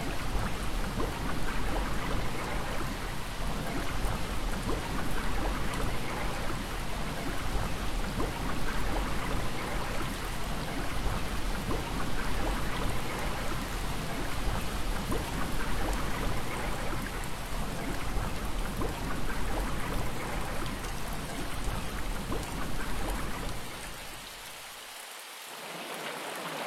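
Rain falls in a rainforest with a stream running, a dense, steady hiss and patter that fills everything from low to bright for most of the clip. Near the end, around twenty-four seconds, the sound thins and drops quieter, the low rumble fading away.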